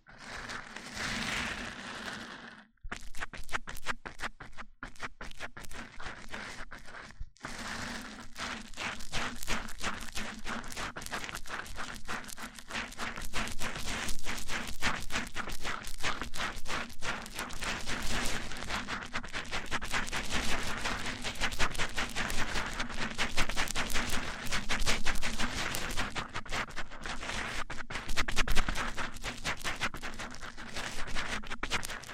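Mic-on-mic triggers: a dense run of rapid, crisp tapping and scratching knocks against the microphone, keeping up an unbroken, fast rhythm. A low steady hum sits underneath throughout. Two brief dropouts to near silence come early, around three and seven seconds.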